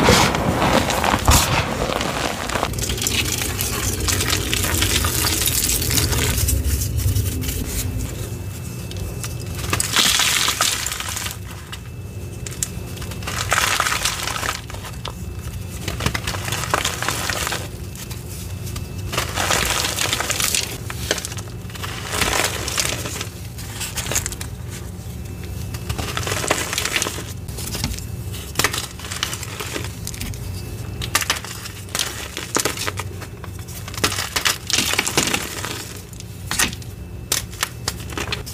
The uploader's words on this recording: Baby Oil Gym Chalk Crushing Compilation.